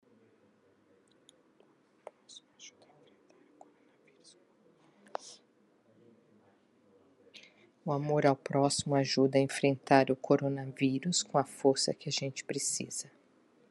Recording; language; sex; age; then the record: spoken sentence; Brazilian Portuguese; female; 50 to 59 years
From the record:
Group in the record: control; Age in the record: 51 years